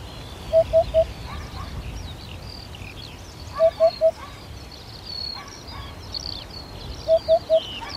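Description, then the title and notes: Eurasian Hoopoe giving soft, low hollow triple notes, oop-oop-oop, repeated about every three seconds, with faint chirping of other birds behind. Courtship song. "Viikon luontoääni: Harjalintu. Juha Laaksonen"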